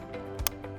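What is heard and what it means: A vehicle seat belt tongue, routed through the forward-facing belt path of a Graco 4Ever DLX Slim child car seat, is pushed into its buckle over steady background music. A sharp metallic latch click sounds at 0.5 s, followed by a fainter tap. The belt buckle is latched.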